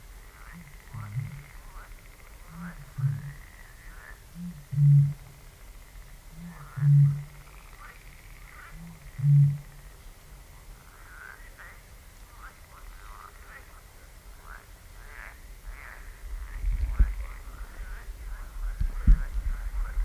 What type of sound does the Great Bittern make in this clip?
call